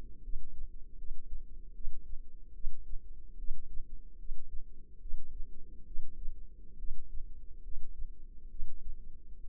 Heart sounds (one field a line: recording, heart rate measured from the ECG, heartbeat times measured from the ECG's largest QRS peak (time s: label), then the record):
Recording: heart sounds by microphone in the left ear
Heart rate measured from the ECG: 72 bpm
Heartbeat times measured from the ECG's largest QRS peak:
0.22 s: heartbeat
0.96 s: heartbeat
1.73 s: heartbeat
2.53 s: heartbeat
3.36 s: heartbeat
4.17 s: heartbeat
4.99 s: heartbeat
5.85 s: heartbeat
6.77 s: heartbeat
7.62 s: heartbeat
8.49 s: heartbeat
9.38 s: heartbeat
From the record:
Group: healthy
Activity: rest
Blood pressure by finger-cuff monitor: 87/62 mmHg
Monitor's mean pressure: 71 mmHg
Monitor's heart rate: 72 bpm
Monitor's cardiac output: 5.2 L/min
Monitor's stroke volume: 71 mL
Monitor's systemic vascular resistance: 990 dyn s/cm5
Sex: female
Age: 22 years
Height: 160 cm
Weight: 45 kg